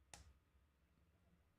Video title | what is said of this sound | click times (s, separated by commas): Rants About Tech Live: 3.26.25 Boox Leaf 5 Coming | they snap into place and I just run my finger across the top of it just to make sure all the the adhesive points are | 0.1 s